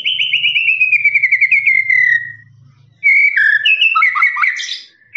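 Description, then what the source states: Lovebird song: a fast rattling trill gliding slowly downward for two seconds, a brief pause, then a burst of squeaky chattering notes. Long "ngekek" trilling song used as master recording for training birds.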